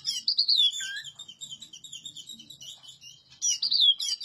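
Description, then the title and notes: Oriental magpie-robin giving a continuous flow of high whistled and twittering notes, softer in the middle, louder at the end. Master song for tutoring other birds; the bird is singing vigorously (gacor). "Suara Burung Kacer masteran. burung kacer gacor hebat"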